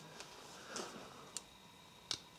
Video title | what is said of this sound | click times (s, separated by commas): Fix Your Leatherman Wave EDC Repair DIY How to Repair | can kind of hear them, two little clicks as they bottom out. | 1.4 s, 2.1 s